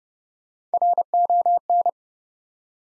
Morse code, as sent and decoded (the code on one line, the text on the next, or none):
.-. --- -.
RON